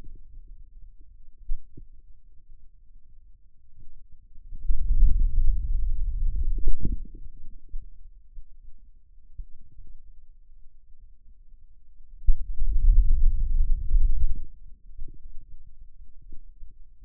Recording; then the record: forearm muscle sounds (acoustic myography)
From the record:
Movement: wrist extension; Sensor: system 2, bracelet of six BSWA MPA416 microphones around the upper forearm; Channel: 2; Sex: male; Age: 22 years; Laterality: right